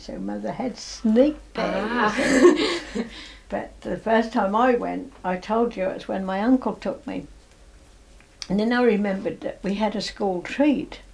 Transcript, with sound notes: So mother had sneaked out!
A-ah! [laughs]
But the first time I went, I told you, that was when my uncle took me. And then I remembered that we had a school treat.